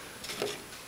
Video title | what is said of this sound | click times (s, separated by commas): Changing power/error led's to a different colour | just push down on the top please hear it click and | 0.4 s